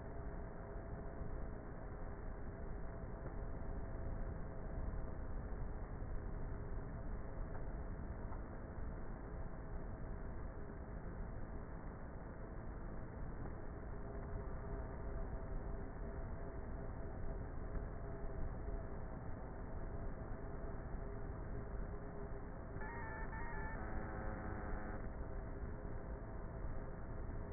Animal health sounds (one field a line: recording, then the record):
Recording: honeybee colony, microphone inside the hive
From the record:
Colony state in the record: queenless with a low population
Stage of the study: before two queens were removed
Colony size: about 30,000 bees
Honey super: no